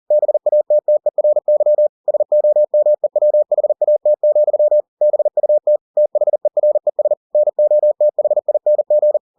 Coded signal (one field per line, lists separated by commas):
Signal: Morse code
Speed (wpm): 40 wpm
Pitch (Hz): 600 Hz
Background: none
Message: BATTERY SOMEWHAT, BUT THERES NOTHING